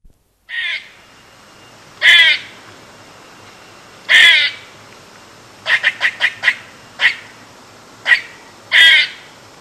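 Eastern gray squirrel making harsh, nasal rasping calls, single notes with a quick burst of five short chucks in the middle.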